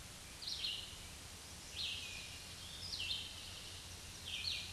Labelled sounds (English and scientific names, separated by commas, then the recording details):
Red-eyed Vireo (Vireo olivaceus) song
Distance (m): 30 m
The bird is about 25 m above the microphone
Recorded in a Pennsylvania forest on 16 May 2024 at 06:37
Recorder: AudioMoth, point MSD-0192
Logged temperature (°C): 16.0 °C
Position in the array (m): 164 m, 71 m